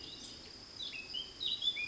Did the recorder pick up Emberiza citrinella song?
no